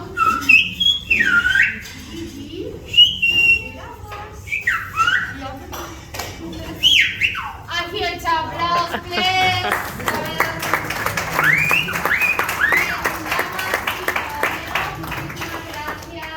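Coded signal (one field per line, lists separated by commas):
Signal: whistled language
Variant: Silbo Gomero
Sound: loud gliding whistles rising and falling like speech melody, then talking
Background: speech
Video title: Whistled language in La Gomera, Canary Islands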